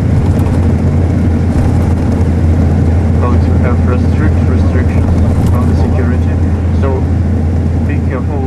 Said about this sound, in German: Im Bus, der uns zu Radon bringt, sitzen etwa 30 Menschen.